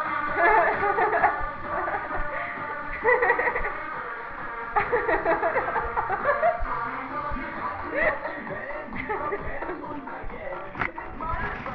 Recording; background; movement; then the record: laughter; music; walking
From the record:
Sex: female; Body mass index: 18.3 kg/m2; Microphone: on the chest, facing the body